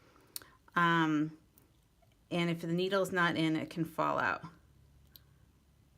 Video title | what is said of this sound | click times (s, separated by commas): Cookie Countess Airbrush System - Assembly, Operating, Cleaning & Troubleshooting | can look through the bottom to see if you got it in all right there it is and you can even hear that it snapped a little bit so | 5.2 s